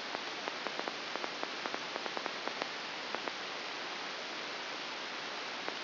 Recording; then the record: brain microelectrode recording played as sound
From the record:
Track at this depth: inside the subthalamic nucleus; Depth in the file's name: 2.1 mm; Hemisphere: left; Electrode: 2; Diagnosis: Parkinson's disease